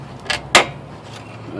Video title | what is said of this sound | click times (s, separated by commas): 04-06 BMW E46 330ci 325ci Fender Removal | You heard it pop right there, and this is where it latches to. | 0.6 s